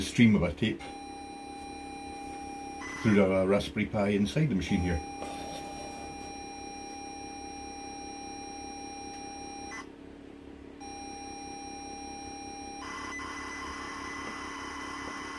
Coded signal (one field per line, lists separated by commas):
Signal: ZX Spectrum tape loading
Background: speech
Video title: The woes of loading from tape.